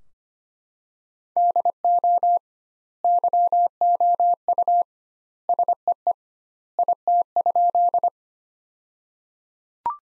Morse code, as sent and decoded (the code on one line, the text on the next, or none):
-.. --- / -.-- --- ..- / ... . . / .. - ..--..
DO YOU SEE IT?